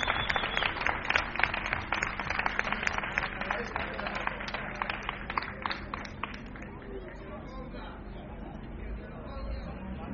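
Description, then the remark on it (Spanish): An audience at a 15M assembly in Usera bursts into applause for a companion about to leave for Brussels, who is handed a gift: a dense, steady patter of many hands clapping that gradually thins out and fades, leaving a low murmur of crowd noise underneath. “Creo que también se merece un aplauso como los demás y le voy a hacer entrega del regalo, ¿de acuerdo?”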